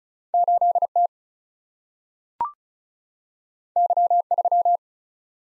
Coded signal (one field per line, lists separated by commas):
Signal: Morse code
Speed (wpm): 36 wpm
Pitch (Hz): 700 Hz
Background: none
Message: 8T Y3